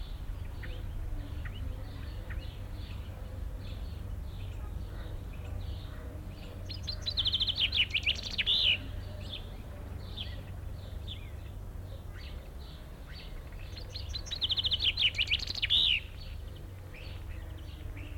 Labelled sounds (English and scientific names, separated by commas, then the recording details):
Common Chaffinch (Fringilla coelebs)
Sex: male
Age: adult
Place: Zoo Dresden, Sachsen, DE
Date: 1993-05-17 13:39
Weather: heiter, 22-26 °C
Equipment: Sony WM-D6C, Sennheiser ME 80, Kopie Uher Variocord 263
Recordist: Tembrock, Günter